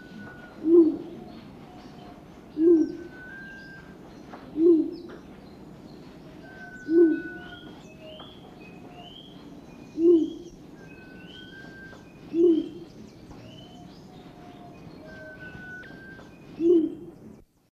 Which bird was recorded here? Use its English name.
Luzon Bleeding-heart